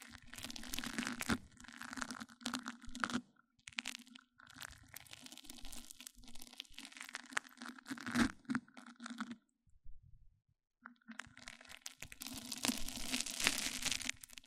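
Mic-on-mic triggers: dense crinkling, scraping and crunchy rubbing with a steady low hum running beneath. The rustling comes in bursts with short sharp cracks, pauses briefly near three and four seconds, drops to near silence around ten seconds, then returns brighter and busier.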